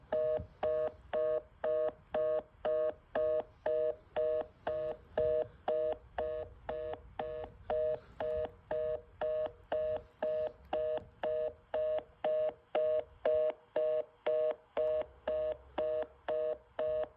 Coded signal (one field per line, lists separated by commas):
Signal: telephone call progress tone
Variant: North America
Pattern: dial tone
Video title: Dial up sound (2010)